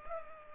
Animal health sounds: mosquito wingbeat signal from an infrared sensor; Culex pipiens

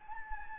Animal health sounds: mosquito wingbeat signal from an infrared sensor; Anopheles gambiae

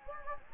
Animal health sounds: mosquito wingbeat signal from an infrared sensor; Anopheles gambiae

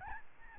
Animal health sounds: mosquito wingbeat signal from an infrared sensor; Aedes albopictus

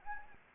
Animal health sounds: mosquito wingbeat signal from an infrared sensor; Anopheles gambiae

